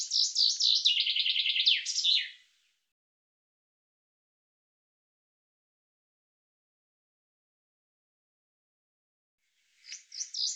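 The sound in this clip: Bird call, a rapid phrase of high twittering notes for about two seconds, then silence, then another similar phrase starts.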